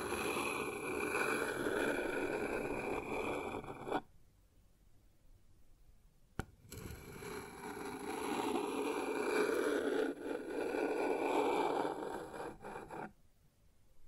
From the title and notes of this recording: ASMR Sounds on Wooden Surface (No Talking).